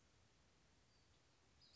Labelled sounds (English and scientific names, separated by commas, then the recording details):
Western Flycatcher (Empidonax difficilis)
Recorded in Sonoma County, California